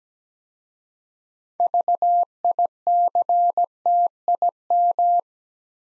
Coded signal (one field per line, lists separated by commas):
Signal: Morse code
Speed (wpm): 17 wpm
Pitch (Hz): 700 Hz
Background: none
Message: VICTIM